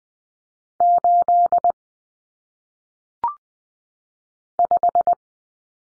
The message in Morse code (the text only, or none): 8 5